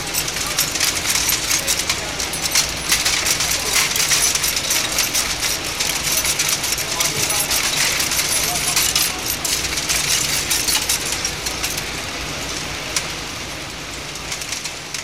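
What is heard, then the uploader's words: A Linotype machine runs steadily, a dense mechanical clatter of fast, tightly packed clicks and taps that never pauses. The sound is bright and rattling with a low rumble underneath, holding level for most of the clip before easing slightly near the end. Unknown sound recordist - Linotype Machine.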